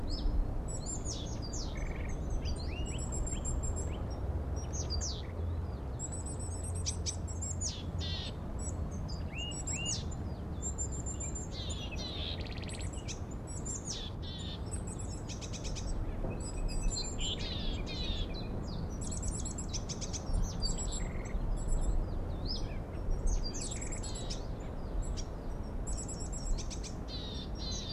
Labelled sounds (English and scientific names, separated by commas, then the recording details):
Willow Tit (Poecile montanus)
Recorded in the wild
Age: adult
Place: Mirnock, Kärnten, AT
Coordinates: 46.758, 13.714
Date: 1967-04-15
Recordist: Brunner, Thomas
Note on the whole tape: Aufnahme: Mirnock, unterhalb Weggabel, Kärnten